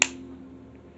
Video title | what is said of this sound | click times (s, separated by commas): bass fishing gear run down | So what you're going to do is press the release button till it clicks, and then you're going to hold your thumb right like that | 0.0 s